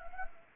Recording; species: mosquito wingbeat signal from an infrared sensor; Anopheles gambiae